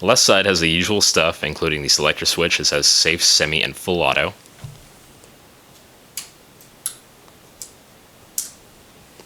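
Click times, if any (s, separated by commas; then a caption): 6.2 s, 6.9 s, 7.6 s, 8.4 s. Someone talks for about four seconds, then the fire selector lever on the left side of an A&K LR300 airsoft electric gun's receiver is rotated through safe, semi and full auto. It gives sharp, short clicks at 6.2, 6.9, 7.6 and 8.4 seconds as it snaps into each detent position, seating firmly in place.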